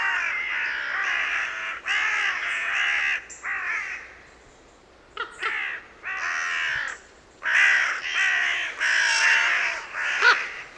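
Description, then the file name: Carrion crow cawing in loud bursts of harsh, grating caws separated by brief quieter gaps, with a few sharper calls near the end. "Corvus corone"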